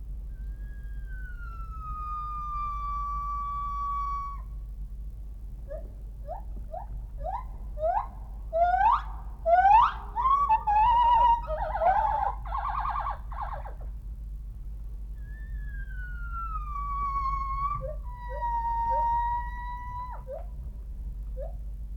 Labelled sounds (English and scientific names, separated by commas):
Northern White-cheeked Gibbon (Nomascus leucogenys)